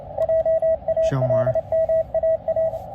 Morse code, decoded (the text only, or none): JALMAA